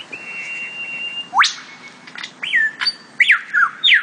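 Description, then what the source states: Lyrebird song, a long steady whistled tone, then loud whip-like upward sweeps and a string of arched, looping whistled notes. Sherbrooke Forest, Victoria; sent in by listener Izzy Taylor; may include mimicry.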